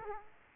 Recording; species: mosquito wingbeat signal from an infrared sensor; Aedes aegypti